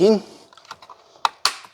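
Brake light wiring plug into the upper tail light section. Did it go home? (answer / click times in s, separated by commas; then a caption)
yes / 1.2 s, 1.5 s. Someone talks briefly at the start, followed by faint handling as the small brake light wiring plug is pushed back into its socket in the topmost tail light section of a Landcruiser 200. Two sharp clicks are heard at about 1.3 s and 1.5 s as the plug seats in place.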